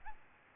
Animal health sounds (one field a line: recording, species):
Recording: mosquito wingbeat signal from an infrared sensor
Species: Aedes albopictus